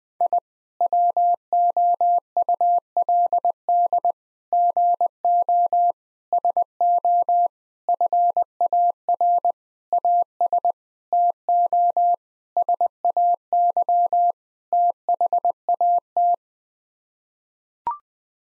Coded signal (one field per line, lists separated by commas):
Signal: Morse code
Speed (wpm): 21 wpm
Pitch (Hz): 700 Hz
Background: none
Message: I WOULD GO SO FAR AS TO SAY THAT